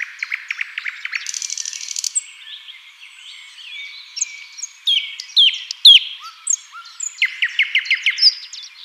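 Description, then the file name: Common nightingale sings a quick rattling series, a buzzy trill, then varied sharp whistles, ending with a fast run of repeated notes. "Luscinia megarhynchos"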